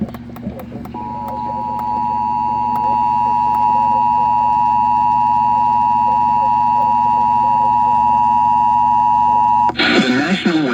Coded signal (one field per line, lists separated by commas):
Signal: Emergency Alert System (SAME) tones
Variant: 853 and 960 Hz attention tone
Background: speech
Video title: severe weather EAS compilation EAS alerts from #4045 - #4081